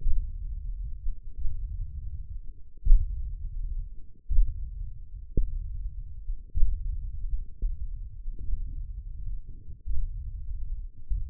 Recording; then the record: forearm muscle sounds (acoustic myography)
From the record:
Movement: hand opening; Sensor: system 1, eight BSWA MPA416 microphones around the upper forearm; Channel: 2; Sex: male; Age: 20 years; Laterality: left